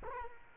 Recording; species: mosquito wingbeat signal from an infrared sensor; Culex quinquefasciatus